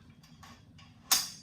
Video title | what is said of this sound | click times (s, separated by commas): How to Assemble Poster Panels | you hear that snap that's how you know you got it | 1.1 s